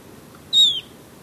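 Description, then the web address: Golden-faced tyrannulet call: a single high, thin whistle that slides gently downward, brief and clear against quiet background. Ecuador. "Natures Songs S America Birds of Ecuador Golden-Faced Tyrannulet"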